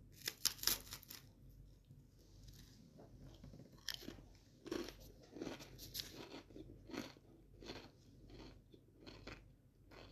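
Someone eats a crunchy sandwich, with sharp crackling bites clustered near the start and again around four to five seconds. Softer crunches and chewing sounds continue irregularly throughout, over a low, steady hum.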